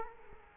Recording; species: mosquito wingbeat signal from an infrared sensor; Culex quinquefasciatus